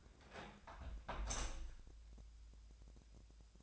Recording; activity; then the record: daily activity, microphone in the room; close window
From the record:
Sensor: 2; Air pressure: 1014.8 hPa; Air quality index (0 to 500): 79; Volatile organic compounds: 2 ppm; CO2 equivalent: 1035 ppm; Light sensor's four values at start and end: 8/19/8/8 and 8/19/8/8